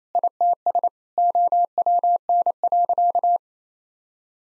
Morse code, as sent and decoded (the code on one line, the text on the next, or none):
.. - ... / --- .-- -. .-.-.-
ITS OWN.